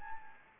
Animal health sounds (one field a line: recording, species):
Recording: mosquito wingbeat signal from an infrared sensor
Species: Anopheles arabiensis